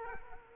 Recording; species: mosquito wingbeat signal from an infrared sensor; Culex quinquefasciatus